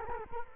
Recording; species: mosquito wingbeat signal from an infrared sensor; Culex quinquefasciatus